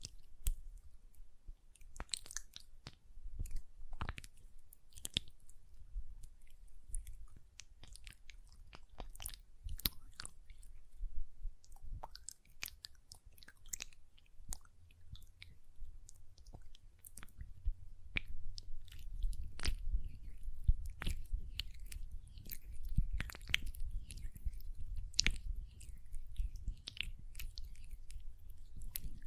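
Hand sounds with nail tapping and lotion: a dense run of sharp, irregular clicks and taps, many per second, spread across the whole clip. Underneath runs a soft, low rubbing and squishing that grows fuller and louder after about fifteen seconds.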